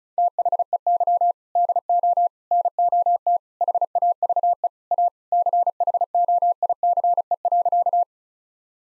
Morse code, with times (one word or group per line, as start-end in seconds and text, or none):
0.2-1.3 THEY
1.6-2.3 DO
2.5-3.4 NOT
3.6-4.7 HAVE
4.9-5.1 A
5.3-8.0 CHOICE.